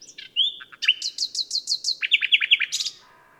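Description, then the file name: Common nightingale song of rapid, loud repeated downslurred notes, shifting pitch midway, with quick chirps before and a fading tone after. "Luscinia megarhynchos"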